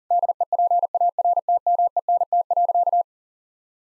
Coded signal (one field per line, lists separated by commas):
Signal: Morse code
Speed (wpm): 40 wpm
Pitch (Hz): 700 Hz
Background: none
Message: DEPARTMENT.